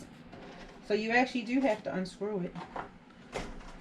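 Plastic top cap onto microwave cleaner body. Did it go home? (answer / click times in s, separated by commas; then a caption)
no / none. A plastic top cap is handled over the body of a volcano microwave cleaner while someone talks, with faint handling noise under the voice. Nothing has seated or clicked yet.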